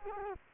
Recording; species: mosquito wingbeat signal from an infrared sensor; Culex quinquefasciatus